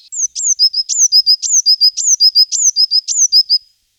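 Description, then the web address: Eurasian blue tit song, a high downward-slurred note followed by two quicker lower notes, the phrase repeated steadily about six times. Song, recorded in 2004. "gesang. roche 2004 blaumeise"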